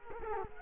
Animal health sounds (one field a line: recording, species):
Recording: mosquito wingbeat signal from an infrared sensor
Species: Culex quinquefasciatus